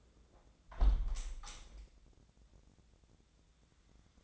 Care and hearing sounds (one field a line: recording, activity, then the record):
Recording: daily activity, microphone in the room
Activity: close window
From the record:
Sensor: 3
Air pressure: 1012.3 hPa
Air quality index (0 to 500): 141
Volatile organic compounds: 2 ppm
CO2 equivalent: 1089 ppm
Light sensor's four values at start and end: 318/775/324/321 and 317/775/323/319